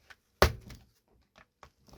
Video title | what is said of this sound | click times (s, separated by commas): ***LETS FIX IT*** Preston Absolute 30 box, draw handle snapped off! | Definitely clicked there. | 0.4 s